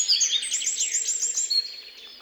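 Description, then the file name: Eurasian wren song, a fast burst of high, sharp trills and twittering notes that tails off after about a second and a half. "Troglodytes troglodytes"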